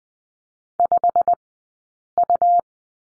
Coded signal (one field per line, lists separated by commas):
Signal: Morse code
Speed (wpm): 20 wpm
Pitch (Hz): 700 Hz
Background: none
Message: 5U